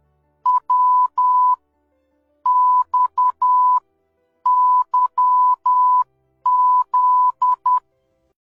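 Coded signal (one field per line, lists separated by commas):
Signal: Morse code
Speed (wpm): 10 wpm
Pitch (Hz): 1000 Hz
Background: none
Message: W X Y Z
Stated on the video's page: Morse code lesson for beginners.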